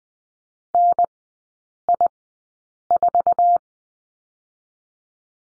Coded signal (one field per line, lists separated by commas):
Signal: Morse code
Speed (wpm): 20 wpm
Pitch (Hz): 700 Hz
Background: none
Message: NI4